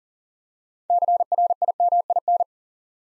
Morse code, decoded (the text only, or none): CRIMIN